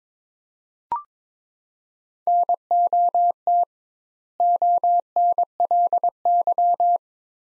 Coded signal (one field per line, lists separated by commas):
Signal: Morse code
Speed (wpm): 22 wpm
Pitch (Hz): 700 Hz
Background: none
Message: NOT ONLY